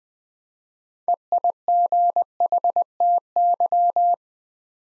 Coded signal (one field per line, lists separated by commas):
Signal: Morse code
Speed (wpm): 20 wpm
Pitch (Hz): 700 Hz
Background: none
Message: EIGHTY